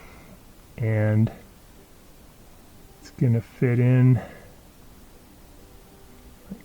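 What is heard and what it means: A plastic flow meter for a Miele dishwasher is positioned and lined up in the dishwasher housing before being pushed in, with only faint rustling beneath someone talking. Nothing has seated or clicked yet.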